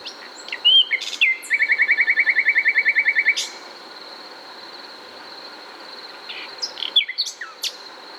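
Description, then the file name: Common nightingale opens with a whistle, then a long fast rattle of evenly repeated notes for about two seconds; later short chirpy phrases follow, with a steady high drone. "Luscinia megarhynchos"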